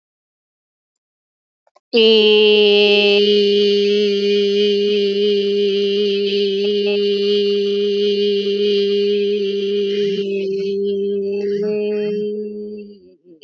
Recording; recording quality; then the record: sustained vowel as in made; moderate, slight background noise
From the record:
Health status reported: healthy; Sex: female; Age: 45 years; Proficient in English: yes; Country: India